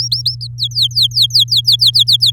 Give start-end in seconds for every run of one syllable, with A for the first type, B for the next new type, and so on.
0.00-0.35 A, 0.41-2.31 B